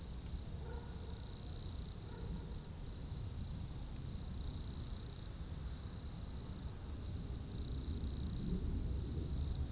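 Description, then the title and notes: Insects trilling continuously high with rapid pulsed bursts beneath, some faint brief chirps early on, and a low rumble swelling toward the end. Insects in a roadside bank and trees at dusk, first hairpin bend of the Col du Chat road, Bourdeau, France; plane and vehicles audible; Tascam DAP1 DAT recorder, from a CD-R burned in 2006. "route col du Chat, Bourdeau, France - Tutti insectes. Dans la première épingle de la route du col du Chat à Bourdeau, insectes dans le talus et les arbres au crépuscule"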